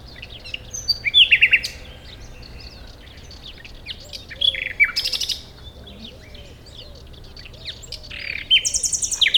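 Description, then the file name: Common nightingale singing several phrases of varied chirps, whistles and harsh trills, separated by short pauses. "Luscinia megarhynchos"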